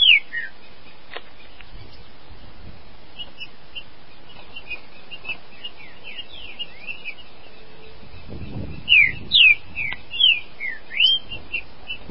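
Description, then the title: Green-winged saltator song: one loud down-slurred whistle at the start, soft slurred whistles through the middle, then a burst of loud slurred whistled notes near the end. "Trinca Ferro"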